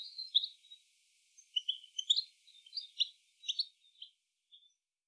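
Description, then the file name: European goldfinch uttering thin tinkling chirps in a loose jumble, mostly within the first four seconds. "Carduelis carduelis"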